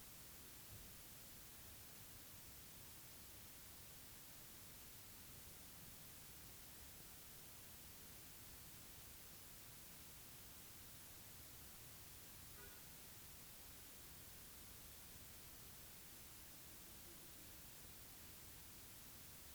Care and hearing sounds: daily activity, guitar pickup as the sensor; sit

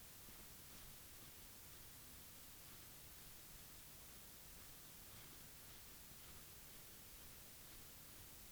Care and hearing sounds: daily activity, guitar pickup as the sensor; brush teeth

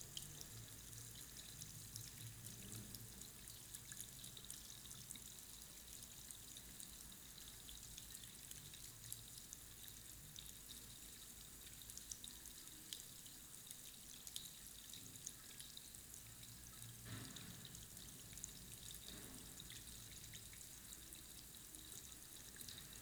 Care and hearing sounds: daily activity, guitar pickup as the sensor; wash hands

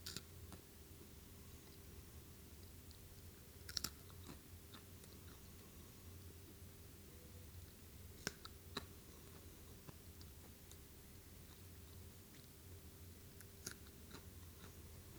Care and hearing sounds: daily activity, guitar pickup as the sensor; eat

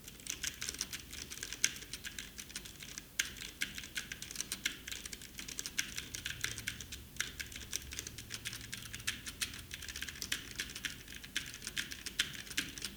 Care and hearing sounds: daily activity, guitar pickup as the sensor; type

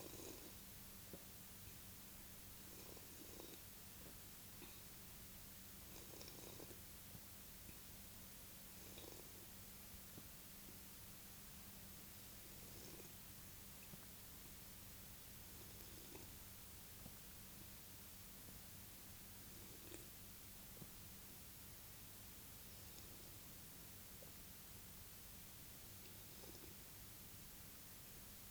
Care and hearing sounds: daily activity, guitar pickup as the sensor; drink water

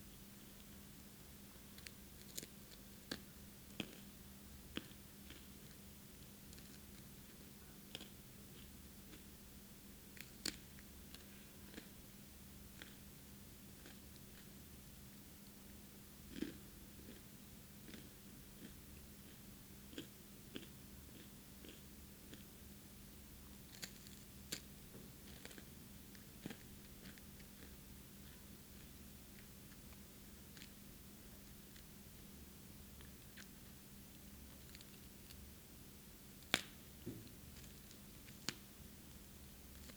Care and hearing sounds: daily activity, guitar pickup as the sensor; eat

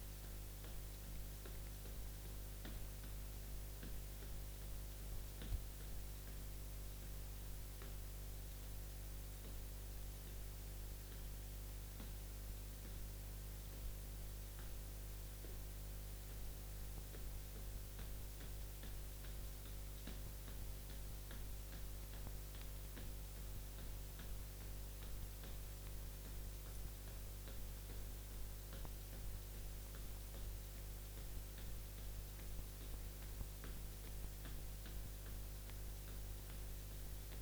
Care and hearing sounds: daily activity, guitar pickup as the sensor; jump

